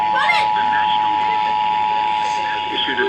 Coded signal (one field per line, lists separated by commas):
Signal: Emergency Alert System (SAME) tones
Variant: 853 and 960 Hz attention tone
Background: speech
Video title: EAS/NWR Alert or message #1183-1186: Severe Thunderstorm Warnings #81 and 82